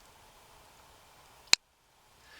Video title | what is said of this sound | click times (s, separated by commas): Modern Trapping Series Part 45 Winterizing Upland Sets | they have what's called a night latch if you listen close you'll hear it click when I push the pan down | 1.5 s